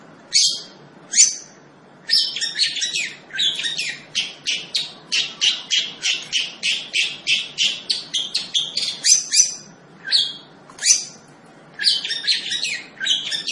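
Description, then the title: Long-tailed shrike song: a fast, almost continuous stream of sharp, scratchy chirps and shrill notes, broken by a few brief pauses. Singing lively (gacor). "Cendet Gacor"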